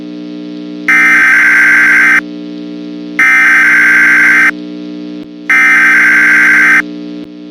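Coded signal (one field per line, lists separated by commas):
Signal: Emergency Alert System (SAME) tones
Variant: header bursts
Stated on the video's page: Simulated EAS tones in a fictional scenario about forest fires, scorching weather and bitter freezes.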